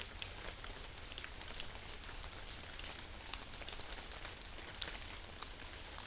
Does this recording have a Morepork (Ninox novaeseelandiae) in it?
no